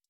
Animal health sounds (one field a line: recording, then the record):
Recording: hydrophone in a shrimp aquaculture tank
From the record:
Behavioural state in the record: stressed